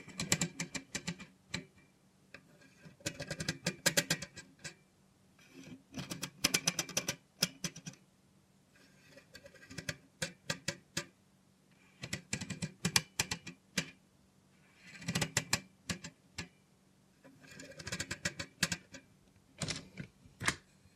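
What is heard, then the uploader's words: A robot hand makes bursts of rapid mechanical clicking and whirring, arriving in clusters every two to three seconds with short quiet gaps between them. The clicks are sharp and bright, and a low steady hum runs underneath the whole time. Try ASMR with a Robot Hand (No Talking).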